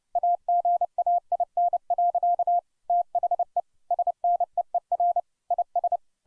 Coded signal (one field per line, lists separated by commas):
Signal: Morse code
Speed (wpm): 30 wpm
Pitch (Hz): 700 Hz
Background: none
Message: AGAIN. THE SNEER IS